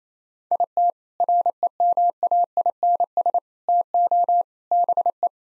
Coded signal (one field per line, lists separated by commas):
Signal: Morse code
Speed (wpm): 28 wpm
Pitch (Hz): 700 Hz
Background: none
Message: IT REMAINS TO BE